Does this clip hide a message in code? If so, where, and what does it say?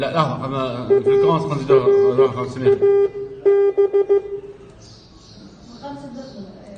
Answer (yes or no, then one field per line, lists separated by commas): yes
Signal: Morse code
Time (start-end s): 0.9-4.2 s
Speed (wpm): 15 wpm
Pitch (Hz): 400 Hz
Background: speech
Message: ARAB